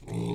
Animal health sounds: pig call; weaner (32 to 43 days)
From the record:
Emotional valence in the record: negative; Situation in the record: short isolation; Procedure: open field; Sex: female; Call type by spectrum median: low-frequency call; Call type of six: low-frequency stable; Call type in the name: low-frequency stable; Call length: 0.35 s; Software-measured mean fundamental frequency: 54 Hz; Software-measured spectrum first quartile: 151 Hz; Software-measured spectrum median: 270 Hz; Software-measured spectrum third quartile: 607 Hz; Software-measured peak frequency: 160 Hz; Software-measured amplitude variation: 132 dB a second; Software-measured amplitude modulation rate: 35.8 a second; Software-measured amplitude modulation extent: 3.7 dB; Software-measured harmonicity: 1.6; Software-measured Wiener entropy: -0.47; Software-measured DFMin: 1100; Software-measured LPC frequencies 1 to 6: 307, 856, 2227, 3548, 3886, 5600 Hz

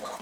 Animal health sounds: pig call; piglet (1 to 25 days)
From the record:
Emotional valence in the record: negative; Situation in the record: missed nursing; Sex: male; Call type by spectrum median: low-frequency call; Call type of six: low-frequency stable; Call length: 0.22 s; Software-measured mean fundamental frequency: 65 Hz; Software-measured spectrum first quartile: 710 Hz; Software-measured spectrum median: 1194 Hz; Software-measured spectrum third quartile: 3631 Hz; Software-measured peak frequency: 521 Hz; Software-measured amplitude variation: 113 dB a second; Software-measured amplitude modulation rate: 22.4 a second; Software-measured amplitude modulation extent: 5.1 dB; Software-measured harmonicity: 1.2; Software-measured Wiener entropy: -1.86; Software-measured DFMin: 1439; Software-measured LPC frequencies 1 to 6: 652, 1154, 1973, 3496, 4033, 5014 Hz

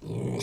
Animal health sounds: pig call; weaner (32 to 43 days)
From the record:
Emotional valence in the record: negative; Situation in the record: novel object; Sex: female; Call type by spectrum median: low-frequency call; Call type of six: mixed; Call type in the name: high-frequency modulated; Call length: 0.43 s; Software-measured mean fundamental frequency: 165 Hz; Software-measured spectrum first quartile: 175 Hz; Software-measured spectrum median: 397 Hz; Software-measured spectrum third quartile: 1500 Hz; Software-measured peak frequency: 162 Hz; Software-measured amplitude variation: 112 dB a second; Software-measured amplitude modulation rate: 31.6 a second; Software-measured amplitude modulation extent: 3.5 dB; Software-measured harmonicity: -0.7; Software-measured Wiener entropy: -2.71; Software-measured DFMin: 1553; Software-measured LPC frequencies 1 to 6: 349, 2304, 3521, 3928, 5010, 6044 Hz

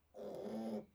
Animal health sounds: pig call; piglet (1 to 25 days)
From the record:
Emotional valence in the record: negative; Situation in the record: restrain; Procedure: back test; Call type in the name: low-frequency call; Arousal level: low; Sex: male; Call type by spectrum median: low-frequency call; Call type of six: low-frequency stable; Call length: 0.96 s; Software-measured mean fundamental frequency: 54 Hz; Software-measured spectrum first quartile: 232 Hz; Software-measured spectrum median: 387 Hz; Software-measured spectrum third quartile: 602 Hz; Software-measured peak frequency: 531 Hz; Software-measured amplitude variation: 142 dB a second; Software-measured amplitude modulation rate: 22.0 a second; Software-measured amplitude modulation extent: 6.4 dB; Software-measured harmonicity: 3.2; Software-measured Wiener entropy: 0.22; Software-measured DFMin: 1517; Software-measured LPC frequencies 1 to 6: 508, 1954, 3385, 5045, 6569, 10320 Hz

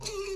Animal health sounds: pig call; weaner (32 to 43 days)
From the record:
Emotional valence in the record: negative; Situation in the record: short isolation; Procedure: open field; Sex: female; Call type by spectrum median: low-frequency call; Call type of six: high-frequency stable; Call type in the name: high-frequency stable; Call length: 0.36 s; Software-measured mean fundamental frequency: 418 Hz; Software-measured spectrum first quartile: 400 Hz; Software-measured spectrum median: 1337 Hz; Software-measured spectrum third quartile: 4828 Hz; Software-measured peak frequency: 400 Hz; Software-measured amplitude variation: 124 dB a second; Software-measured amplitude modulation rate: 18.0 a second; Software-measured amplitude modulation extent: 6.9 dB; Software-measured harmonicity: 10.2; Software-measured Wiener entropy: -2.96

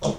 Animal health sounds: pig call; piglet (1 to 25 days)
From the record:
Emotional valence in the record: negative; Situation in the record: restrain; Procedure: in the arms of a person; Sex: male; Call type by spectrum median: low-frequency call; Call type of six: low-frequency stable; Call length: 0.18 s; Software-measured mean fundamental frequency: 66 Hz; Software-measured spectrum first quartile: 287 Hz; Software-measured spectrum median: 584 Hz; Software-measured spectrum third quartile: 1457 Hz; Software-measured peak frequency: 625 Hz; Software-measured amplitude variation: 140 dB a second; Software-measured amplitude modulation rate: 2.7 a second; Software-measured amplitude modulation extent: 51.1 dB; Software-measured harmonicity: 0.9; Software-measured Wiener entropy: -1.48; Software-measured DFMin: 1740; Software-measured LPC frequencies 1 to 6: 560, 3384, 5696, 6353, 7030, 8643 Hz

